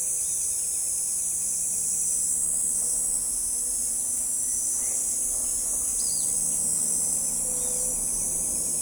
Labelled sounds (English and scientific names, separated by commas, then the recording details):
White-tipped Dove (Leptotila verreauxi)
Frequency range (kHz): White-tipped Dove (Leptotila verreauxi) 0.4-0.6 kHz
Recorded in forest near Pivijay, Magdalena, Colombia, on 5 June 2023 at 05:30
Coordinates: 10.467, -74.380
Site Z5-G034